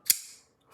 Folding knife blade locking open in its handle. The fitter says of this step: this one pops out makes that really nice uh click sound